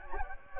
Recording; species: mosquito wingbeat signal from an infrared sensor; Anopheles gambiae